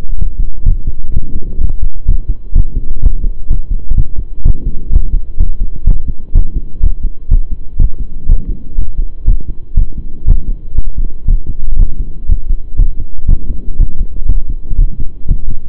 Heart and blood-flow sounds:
heart sounds by stethoscope; between the tricuspid and mitral areas; 123 bpm
0.18 s: heartbeat
0.65 s: heartbeat
1.13 s: heartbeat
1.60 s: heartbeat
2.07 s: heartbeat
2.55 s: heartbeat
3.02 s: heartbeat
3.50 s: heartbeat
3.97 s: heartbeat
4.45 s: heartbeat
4.92 s: heartbeat
5.39 s: heartbeat
5.86 s: heartbeat
6.35 s: heartbeat
6.82 s: heartbeat
7.30 s: heartbeat
7.79 s: heartbeat
8.28 s: heartbeat
8.77 s: heartbeat
9.27 s: heartbeat
9.76 s: heartbeat
10.27 s: heartbeat
10.77 s: heartbeat
11.27 s: heartbeat
11.78 s: heartbeat
12.28 s: heartbeat
12.78 s: heartbeat
13.28 s: heartbeat
13.78 s: heartbeat
14.28 s: heartbeat
14.77 s: heartbeat
15.28 s: heartbeat
From the record:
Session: pedaling a stationary bicycle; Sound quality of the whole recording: saturated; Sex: male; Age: 23 years

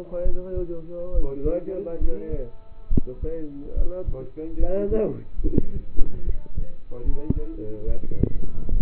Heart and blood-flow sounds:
heart sounds by stethoscope; between the tricuspid and mitral areas; 71 bpm
0.23 s: heartbeat
1.11 s: heartbeat
1.99 s: heartbeat
2.89 s: heartbeat
3.74 s: heartbeat
4.57 s: heartbeat
5.41 s: heartbeat
6.24 s: heartbeat
7.03 s: heartbeat
7.85 s: heartbeat
8.69 s: heartbeat
From the record:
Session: rest, lying down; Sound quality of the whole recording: partially saturated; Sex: male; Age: 27 years

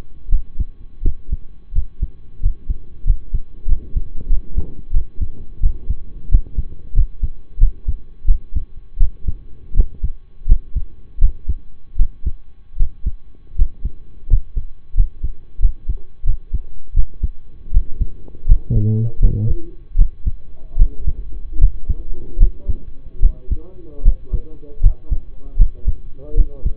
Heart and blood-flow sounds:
heart sounds by stethoscope; between the tricuspid and mitral areas; 83 bpm
0.29 s: heartbeat
1.02 s: heartbeat
1.72 s: heartbeat
2.40 s: heartbeat
3.04 s: heartbeat
3.66 s: heartbeat
4.27 s: heartbeat
4.91 s: heartbeat
5.60 s: heartbeat
6.28 s: heartbeat
6.93 s: heartbeat
7.58 s: heartbeat
8.25 s: heartbeat
8.98 s: heartbeat
9.74 s: heartbeat
10.46 s: heartbeat
11.19 s: heartbeat
11.96 s: heartbeat
12.77 s: heartbeat
13.55 s: heartbeat
14.27 s: heartbeat
14.94 s: heartbeat
15.59 s: heartbeat
16.24 s: heartbeat
16.93 s: heartbeat
17.71 s: heartbeat
18.45 s: heartbeat
19.19 s: heartbeat
19.96 s: heartbeat
20.76 s: heartbeat
21.58 s: heartbeat
22.37 s: heartbeat
23.20 s: heartbeat
24.02 s: heartbeat
24.80 s: heartbeat
25.56 s: heartbeat
26.34 s: heartbeat
From the record:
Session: rest, lying down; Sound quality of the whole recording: partially saturated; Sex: male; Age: 25 years

